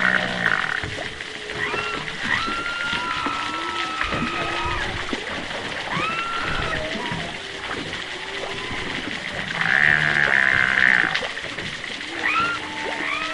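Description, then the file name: Humpback whale underwater: many moaning, rising and falling tonal calls and upswept whoops overlapping, over constant hiss of choppy water movement. Underwater recording, distant whales, east Australia, August, choppy water movement. "zapsplat animals whales humpback underwater distant east australia"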